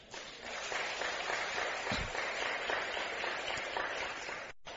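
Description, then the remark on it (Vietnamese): A crowd breaks into sustained applause, a dense, steady wash of many hands clapping at a fairly even loudness for several seconds before it cuts off abruptly. “Nếu điều đó đó là khả năng nằm ở trong tầm tay thì tất cả hãy dâng cao tràng pháo tay để cam kết làm.”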